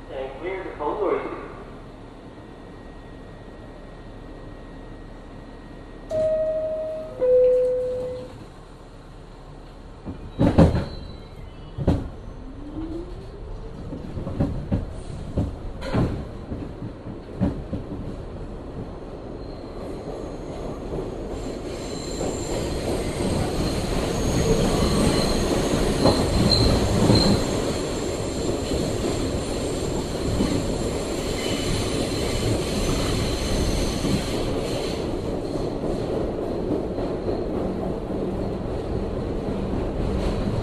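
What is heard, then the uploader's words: Subway train ride with two-tone chimes near the start, sharp clanks and thuds, then a swelling roar and squealing wheels from about twenty seconds on. Recorded by Dan Bodah on the 3 train between Clark Street and Atlantic Avenue in Brooklyn, NY, Summer 2008.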